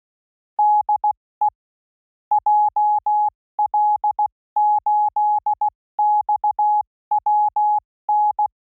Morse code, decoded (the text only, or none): DE JL8XWN